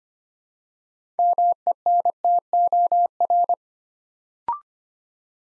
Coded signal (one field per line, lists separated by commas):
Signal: Morse code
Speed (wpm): 25 wpm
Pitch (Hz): 700 Hz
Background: none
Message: MENTOR